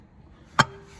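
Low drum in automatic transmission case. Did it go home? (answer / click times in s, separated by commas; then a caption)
yes / 0.6 s. The low drum in an E4OD/4R100 automatic transmission case is spun clockwise and lifted until it stops against the snap ring that holds it in. After a quiet lead-in, a single sharp metallic clunk is heard at 0.6 s, followed by a faint ringing tail. The clunk shows that the drum is seated and retained by the snap ring.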